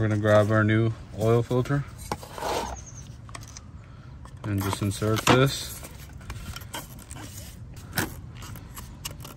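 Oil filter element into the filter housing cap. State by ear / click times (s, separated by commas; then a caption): not seated / none. A new paper oil filter element for a Mercedes SLK55 AMG (R171) is handled and fitted toward its plastic filter housing cap while someone talks, with light rustling, scraping and a few sharp taps. The element has not yet locked into the cap; nothing has seated or clicked yet.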